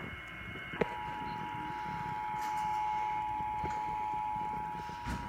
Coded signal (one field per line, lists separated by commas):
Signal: Emergency Alert System (SAME) tones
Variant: 853 and 960 Hz attention tone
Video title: Required Monthly Test EAS #4